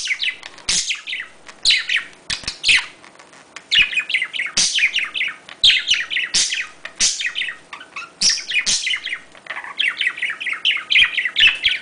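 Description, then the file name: Budgerigar warbling chatter: a steady stream of squeaky, descending chirps and scratchy notes, nearly continuous with only brief gaps. "Budgie Sounds"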